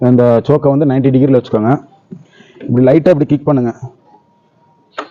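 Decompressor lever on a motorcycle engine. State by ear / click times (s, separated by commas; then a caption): released / 5.0 s. Someone talks while the decompressor/choke lever on a diesel Royal Enfield Bullet motorcycle engine is set at 90 degrees and the kick-starter is pressed lightly. At 5.0 s the lever releases and drops back with a sharp click.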